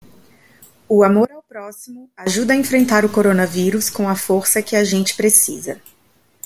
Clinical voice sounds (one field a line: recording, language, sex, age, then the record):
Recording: spoken sentence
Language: Brazilian Portuguese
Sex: female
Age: 30 to 39 years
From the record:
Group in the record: control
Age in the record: 30 years